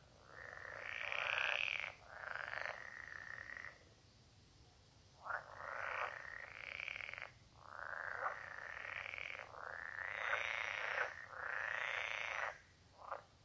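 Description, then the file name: Edible frog calling in loud, rattling, nasal croaking bursts of one to two seconds, separated by short quiet gaps, over a low background hum. "Pelophylax kl esculentus"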